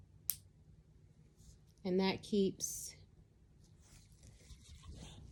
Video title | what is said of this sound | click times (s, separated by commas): Treating Hyperemesis Gravidarum through PICC Line (HomeCare) | and i have to make sure that i clip it tight you'll hear a click | 0.3 s